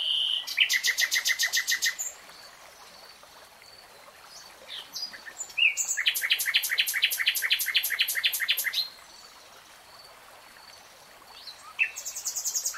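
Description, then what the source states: Nightingale song with bursts of fast, pulsing, buzzy trills separated by quieter pauses holding faint chirps and ticks. Singing in real time.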